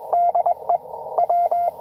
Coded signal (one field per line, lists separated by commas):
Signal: Morse code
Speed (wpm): 22 wpm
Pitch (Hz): 690 Hz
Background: none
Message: DE W